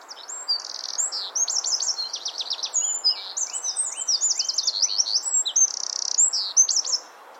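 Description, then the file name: Eurasian wren singing a loud, fast, high-pitched song of rattling trills and sharp whistled notes that runs almost without pause. "Troglodytes troglodytes"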